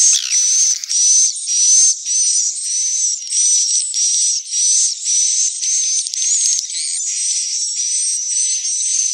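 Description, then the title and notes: Swiftlet call, a steady run of hissy, buzzy pulses with a high whistle threaded through. Swiftlet sound used for swiftlet farming in Asia. "Swiflet Bird Sound. Farming Swiflet Bird asia sound"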